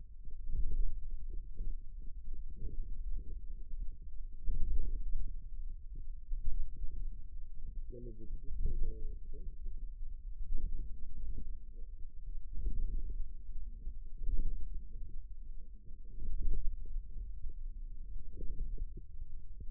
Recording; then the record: forearm muscle sounds (acoustic myography)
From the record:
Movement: ulnar deviation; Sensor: system 2, bracelet of six BSWA MPA416 microphones around the upper forearm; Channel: 2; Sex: male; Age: 22 years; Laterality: right